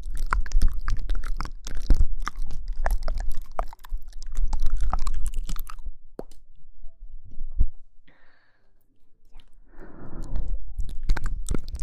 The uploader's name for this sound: Mouth Sounds